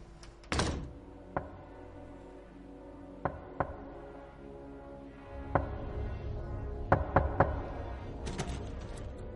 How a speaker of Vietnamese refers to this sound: Vốn không có để ý, nhưng tiếng gõ cửa càng lúc càng lớn. Tiếng gõ cửa vang vọng trong đêm làm cho hắn cũng chẳng thể nào mà ngủ nổi.